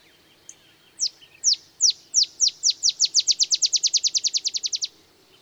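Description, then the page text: Olive sparrow song: spaced, downslurred chips quicken steadily into a bouncing trill of about twenty notes, then stop. Singing in the early morning in Texas, 50 miles north of the Mexican border; simple songs likened to a field sparrow's bouncing-ball song. "Olive sparrow. Recording early morning just 50 miles north of the Mexican border in Texas"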